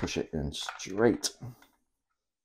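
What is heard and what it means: Someone talks while a plastic wing for a 1/48 scale Kinetic EA-6B Prowler model is lined up and pushed straight into its slot on the fuselage. Speech fills the first 1.7 seconds, then the clip falls silent. The wing has not clicked or seated yet.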